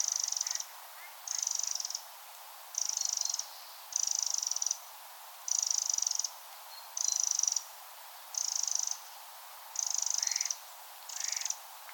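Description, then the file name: Eurasian wren churring steadily, nine dry, ticking rattle bursts roughly every one and a third seconds, with a few faint lower chirps. "Troglodytes troglodytes"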